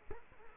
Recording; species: mosquito wingbeat signal from an infrared sensor; Culex quinquefasciatus